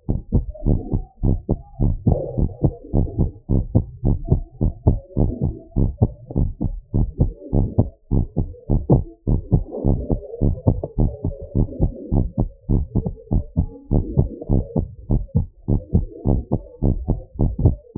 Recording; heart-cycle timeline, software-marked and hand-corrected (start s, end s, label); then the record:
heart sounds
0.00	0.09	diastole
0.09	0.19	S1
0.19	0.33	systole
0.33	0.45	S2
0.45	0.67	diastole
0.67	0.79	S1
0.79	0.93	systole
0.93	1.03	S2
1.03	1.25	diastole
1.25	1.39	S1
1.39	1.51	systole
1.51	1.59	S2
1.59	1.81	diastole
1.81	1.95	S1
1.95	2.07	systole
2.07	2.19	S2
2.19	2.39	diastole
2.39	2.51	S1
2.51	2.63	systole
2.63	2.73	S2
2.73	2.95	diastole
2.95	3.09	S1
3.09	3.21	systole
3.21	3.31	S2
3.31	3.51	diastole
3.51	3.63	S1
3.63	3.73	systole
3.73	3.85	S2
3.85	4.07	diastole
4.07	4.19	S1
4.19	4.31	systole
4.31	4.43	S2
4.43	4.63	diastole
4.63	4.73	S1
4.73	4.87	systole
4.87	4.99	S2
4.99	5.19	diastole
5.19	5.31	S1
5.31	5.43	systole
5.43	5.55	S2
5.55	5.79	diastole
5.79	5.91	S1
5.91	6.03	systole
6.03	6.13	S2
6.13	6.37	diastole
6.37	6.51	S1
6.51	6.63	systole
6.63	6.73	S2
6.73	6.95	diastole
6.95	7.09	S1
7.09	7.21	systole
7.21	7.33	S2
7.33	7.55	diastole
7.55	7.69	S1
7.69	7.79	systole
7.79	7.91	S2
7.91	8.13	diastole
8.13	8.25	S1
8.25	8.39	systole
8.39	8.49	S2
8.49	8.71	diastole
8.71	8.81	S1
8.81	8.91	systole
8.91	9.05	S2
9.05	9.29	diastole
9.29	9.41	S1
9.41	9.53	systole
9.53	9.63	S2
9.63	9.85	diastole
9.85	9.99	S1
9.99	10.11	systole
10.11	10.21	S2
10.21	10.43	diastole
10.43	10.55	S1
10.55	10.67	systole
10.67	10.79	S2
10.79	11.01	diastole
11.01	11.13	S1
11.13	11.25	systole
11.25	11.35	S2
11.35	11.57	diastole
11.57	11.67	S1
11.67	11.81	systole
11.81	11.91	S2
11.91	12.13	diastole
12.13	12.27	S1
12.27	12.39	systole
12.39	12.49	S2
12.49	12.71	diastole
12.71	12.87	S1
12.87	13.01	systole
13.01	13.11	S2
13.11	13.33	diastole
13.33	13.45	S1
13.45	13.59	systole
13.59	13.69	S2
13.69	13.93	diastole
13.93	14.05	S1
14.05	14.17	systole
14.17	14.29	S2
14.29	14.51	diastole
14.51	14.63	S1
14.63	14.77	systole
14.77	14.87	S2
14.87	15.11	diastole
15.11	15.23	S1
15.23	15.35	systole
15.35	15.47	S2
15.47	15.69	diastole
15.69	15.81	S1
15.81	15.95	systole
15.95	16.05	S2
16.05	16.27	diastole
16.27	16.43	S1
16.43	16.53	systole
16.53	16.61	S2
16.61	16.83	diastole
16.83	16.97	S1
16.97	17.09	systole
17.09	17.19	S2
17.19	17.41	diastole
17.41	17.53	S1
17.53	17.63	systole
17.63	17.77	S2
17.77	17.99	diastole
From the record:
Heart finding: normal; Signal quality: good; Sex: female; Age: 58 years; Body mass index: 36.3